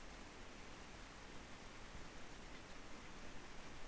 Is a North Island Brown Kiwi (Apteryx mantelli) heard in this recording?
no